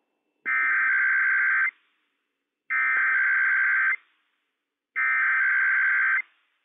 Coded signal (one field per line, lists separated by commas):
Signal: Emergency Alert System (SAME) tones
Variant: header bursts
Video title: IPAWS Required Weekly Test - WWF56 - EAS #44 - 11:00 AM PST 2/1/21